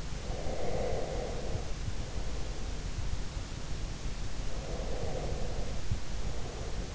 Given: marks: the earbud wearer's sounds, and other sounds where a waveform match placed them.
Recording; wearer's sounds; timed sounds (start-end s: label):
sounds in sleep by an in-ear microphone; breath
0.32-2.79 s: breath
4.71-6.95 s: breath